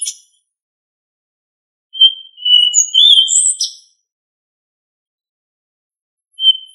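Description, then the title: Thrush song: a level whistled note leading into a jumble of higher, quick warbled notes, one phrase of about two seconds with brief fragments before and after. "Familia Turdidae - Sabia"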